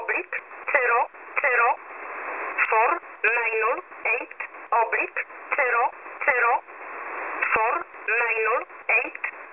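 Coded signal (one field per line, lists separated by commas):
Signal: numbers station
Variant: E11 Oblique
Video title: E11 Oblique 22/10/2023 0700 UTC 9079kHz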